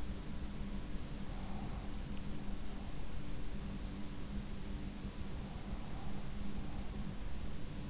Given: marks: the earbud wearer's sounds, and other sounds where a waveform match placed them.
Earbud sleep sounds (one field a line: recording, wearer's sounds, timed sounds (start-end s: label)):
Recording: sounds in sleep by an in-ear microphone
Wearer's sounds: breath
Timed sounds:
1.16-2.28 s: breath